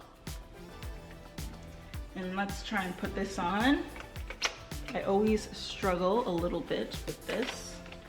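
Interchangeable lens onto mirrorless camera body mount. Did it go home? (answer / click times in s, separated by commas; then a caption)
no / none. An interchangeable lens is being fitted onto the bayonet mount of a mirrorless camera body while someone talks over soft music, with faint handling taps along the way. The clip ends before the lens goes home; nothing has seated or clicked yet.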